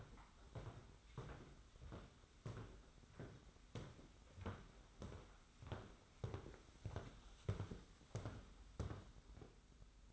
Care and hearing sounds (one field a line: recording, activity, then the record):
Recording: daily activity, microphone in the room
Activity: walk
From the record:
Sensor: 3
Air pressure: 991.6 hPa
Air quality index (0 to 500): 180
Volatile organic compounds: 1000 ppm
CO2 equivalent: 6010 ppm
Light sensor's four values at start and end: 39/111/45/39 and 37/109/44/38